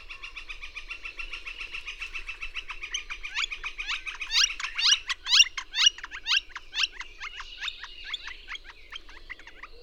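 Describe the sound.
Bird song: a dense run of high chirps, then a loud series of sharp descending notes in quick succession, fading back into twittering.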